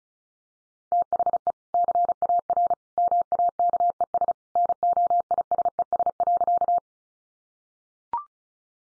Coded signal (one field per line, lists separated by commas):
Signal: Morse code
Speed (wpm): 34 wpm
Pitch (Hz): 700 Hz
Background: none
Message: THE CAR MAKES NOISES.